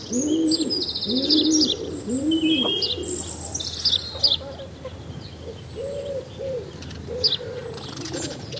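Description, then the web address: Birds in a morning chorus: low hooting dove-like coos repeated about once a second, over high chirps, trills and whistles from several songbirds. Birdsong on a summer morning. "Tom Hutchings Birdsong Summer Morning"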